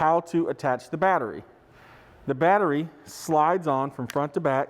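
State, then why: Not seated. A man talks about attaching a battery pack to a cordless drill or impact driver, sliding it on from front to back. Only speech is heard, with no click or other distinct handling sound. The clip ends before the battery latches, so nothing has seated or clicked yet.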